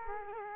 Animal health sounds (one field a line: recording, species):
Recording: mosquito wingbeat signal from an infrared sensor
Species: Culex quinquefasciatus